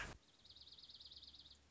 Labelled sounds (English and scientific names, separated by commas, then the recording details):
Dark-eyed Junco (Junco hyemalis)
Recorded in Sonoma County, California